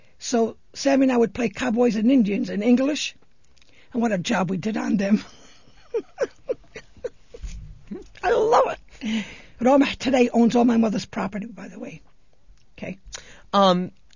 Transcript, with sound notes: So Sammy and I would play cowboys and Indians in English. What a job we did on them! ( she laughs ) I love it! But today owns all my mother's property, by the way. Okay?
Um,